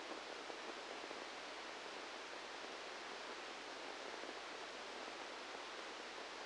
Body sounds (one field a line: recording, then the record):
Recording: brain microelectrode recording played as sound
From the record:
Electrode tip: outside the subthalamic nucleus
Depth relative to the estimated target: -6 mm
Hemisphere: right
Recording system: NeuroSet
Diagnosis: Parkinson's disease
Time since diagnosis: 7 years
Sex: male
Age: 44 years